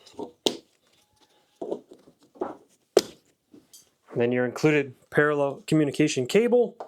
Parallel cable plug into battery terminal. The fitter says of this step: Wait for the click. Click click.